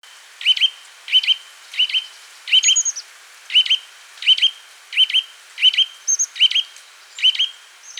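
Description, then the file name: Eurasian nuthatch calling in a steady series of sharp, ringing 'twit' notes, with a few thin, high notes slipped in between. "Sitta europaea"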